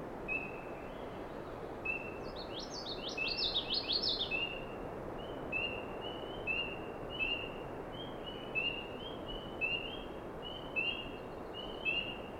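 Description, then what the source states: Common Yellowthroat song: a brief burst of rapid rolling phrases and steady repeated high notes, over constant broad background hiss. Evening wetland, Schoodic division, Acadia National Park, about 8:10pm, 55 F, 8 June 2017; began singing once things quieted after loud frog choruses.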